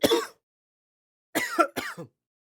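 Three short, throaty cough bursts in an adult: one, then after a pause a close pair. The later coughs carry a faint whistling, tonal edge, a wheezy cough of narrowed or mucus-filled airways.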